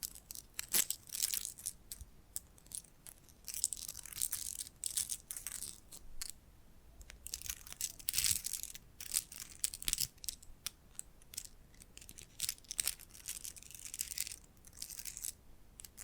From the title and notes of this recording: ASMR Hypnotic First Person Triggers Ear Scratching, Face Brushing etc (No Talking).